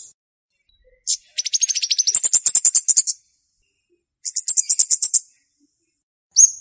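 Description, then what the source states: Flowerpecker song: a sharp note, then a fast high trill that steps upward, a pause, another rapid ticking trill, and a final upslurred note. Song used as a lure for trapping birds; Indonesian name Cabe-cabean, also called Kemade.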